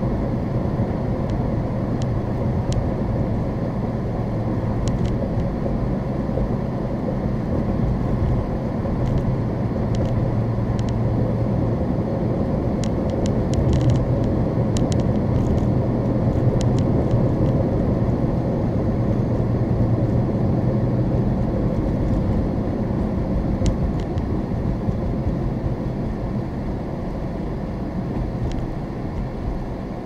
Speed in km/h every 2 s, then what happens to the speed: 64, 64, 64, 64, 64, 66, 68, 69, 71, 68, 61, 53, 44, 37, 32.
0-17 steady at about 64. 17-30 slows to 32.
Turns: none.